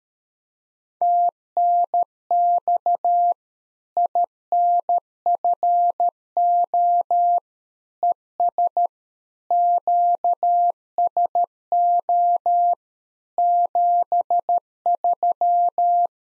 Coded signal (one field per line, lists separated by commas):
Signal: Morse code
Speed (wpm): 13 wpm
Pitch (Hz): 700 Hz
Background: none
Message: TNX INFO ES QSO 73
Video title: Practice QSO - Exchange 4- Ending - 13wpm